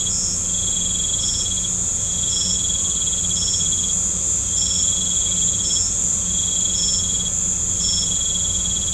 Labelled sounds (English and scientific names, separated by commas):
none